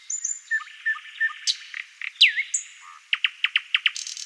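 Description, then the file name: Thrush nightingale song with mixed whistles and chips, a loud swooping note near the middle, then a rapid row of sharp clicking notes. "solovey obyknovennyy golos"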